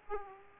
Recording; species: mosquito wingbeat signal from an infrared sensor; Aedes aegypti